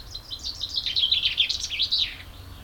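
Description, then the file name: Common chaffinch singing a brisk series of sweet notes lasting about two seconds and closing with an ending flourish, with soft background noise. "Fringilla coelebs"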